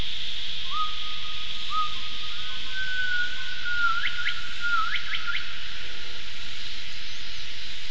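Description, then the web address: Gibbon calls: faint whistled notes, some sliding upward, then a quick run of sharp rising sweeps midway, over a steady hiss. "gibbons triangulations vocs"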